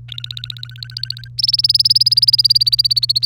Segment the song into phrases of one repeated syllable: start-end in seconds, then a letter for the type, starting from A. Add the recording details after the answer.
0.09-1.28 A, 1.38-3.26 B. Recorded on 3 May 2018 at 07:17. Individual llb3